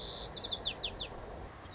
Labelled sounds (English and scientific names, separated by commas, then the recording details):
White-crowned Sparrow (Zonotrichia leucophrys)
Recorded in Sonoma County, California